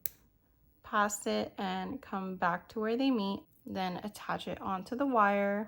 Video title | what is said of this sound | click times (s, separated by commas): DIY Gypsum Necklace with Cute Pastel Teddy Bear Charms - Easy Beading Tutorial for Trendy Jewelry! | and then using my set of pliers close it up here that little click | 0.1 s